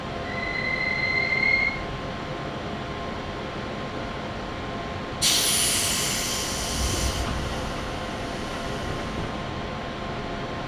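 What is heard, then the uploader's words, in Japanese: A ride on the Chuo West Line train between Juninekane and Kiso-Fukushima: a steady, dense rumble runs throughout under a faint constant hum. A thin high whine sounds for the first two seconds, and a loud bright hiss bursts in around five seconds and fades by seven. 中央西線 十二兼→木曽福島。十二兼駅を過ぎると単線区間が出てきます。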